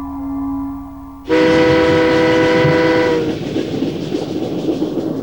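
A train horn on the Transatlantic Railway sounds a steady tonal blast in the evening, then a louder chord from about one to three seconds, fading into the continuous rumble and rattle of the train running over rails. No voices.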